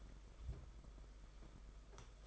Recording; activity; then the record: daily activity, microphone in the room; take from stove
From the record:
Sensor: 5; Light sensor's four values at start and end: 33/104/40/43 and 32/101/39/42